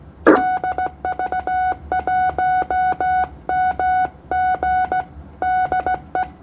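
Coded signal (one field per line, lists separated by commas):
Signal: Morse code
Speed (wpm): 15 wpm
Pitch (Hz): 740 Hz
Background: none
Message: DV1MG DE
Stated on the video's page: CW DX contact on the 15m band (21 MHz) between Indonesia and the Philippines at 20 watts.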